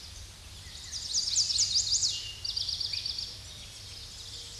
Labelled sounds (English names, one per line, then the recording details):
Eastern Towhee song
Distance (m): 20 m
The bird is about 5 m below the microphone
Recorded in a Pennsylvania forest on 16 May 2024 at 07:38
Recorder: AudioMoth, point MSD-2443
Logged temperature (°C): 16.4 °C
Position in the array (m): 178 m, 183 m